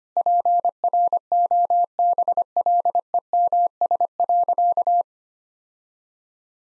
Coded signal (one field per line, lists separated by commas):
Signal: Morse code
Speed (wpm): 25 wpm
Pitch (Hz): 700 Hz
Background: none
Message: PROBLEMS.